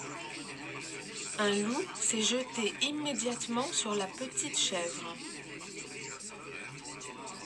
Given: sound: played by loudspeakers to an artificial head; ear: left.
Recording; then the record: speech in noise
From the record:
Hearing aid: class 2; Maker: E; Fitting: closed earmoulds, the maker's default for a moderate loss (N3)